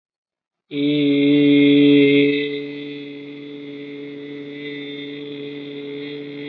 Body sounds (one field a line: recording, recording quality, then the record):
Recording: sustained vowel as in made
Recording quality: excellent, no background noise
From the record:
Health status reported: recovered from COVID-19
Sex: male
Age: 23 years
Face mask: not worn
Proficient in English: yes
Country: India